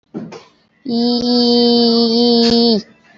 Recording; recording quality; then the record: sustained vowel as in beet; excellent, no background noise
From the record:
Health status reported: healthy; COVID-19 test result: not tested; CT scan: not taken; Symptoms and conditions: none ticked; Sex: female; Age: 25 years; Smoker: no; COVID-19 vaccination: both doses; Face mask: worn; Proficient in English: yes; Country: India